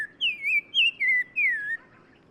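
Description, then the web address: Black-crowned tchagra whistled song: five rich whistles, mostly sliding downward, closely spaced and ending in a long descending slur before silence. Recorded in Morocco. "Black-crowned Tchagra. new sound approach title morocco"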